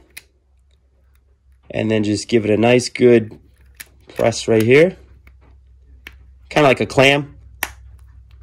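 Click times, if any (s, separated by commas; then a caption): 7.6 s. Someone talks while pressing the two plastic case halves of a Ford Edge key fob together like a clam, closing it up after a battery replacement. A sharp snap at 7.6 s marks the halves popping together and seating shut.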